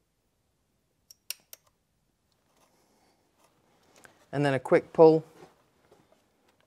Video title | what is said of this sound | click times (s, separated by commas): Renault Clio Rocker Cover Refit (The Rocker Cover Saga Part 2) | until you hear it click | 1.3 s